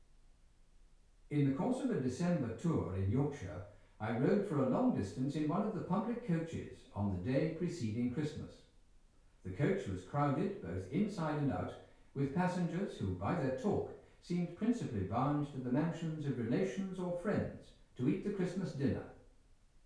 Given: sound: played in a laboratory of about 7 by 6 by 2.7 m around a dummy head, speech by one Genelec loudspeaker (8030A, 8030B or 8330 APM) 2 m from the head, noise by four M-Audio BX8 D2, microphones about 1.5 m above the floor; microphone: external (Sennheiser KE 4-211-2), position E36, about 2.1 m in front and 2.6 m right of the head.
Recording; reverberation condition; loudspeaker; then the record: male speech in English; medium; 90 degrees to the right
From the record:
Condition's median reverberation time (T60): about 510 ms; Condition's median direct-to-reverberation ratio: about -0.5 dB